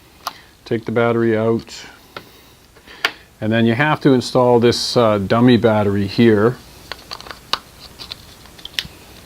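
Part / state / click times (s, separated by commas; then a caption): dummy battery adapter into mirrorless camera battery compartment / seated / 7.5 s. Someone talks, then pushes the dummy battery adapter of a Meke battery grip into the battery compartment of a Sony A6000 mirrorless camera. A few small clicks and taps follow, and the adapter snaps into place with a sharp click at 7.5 seconds.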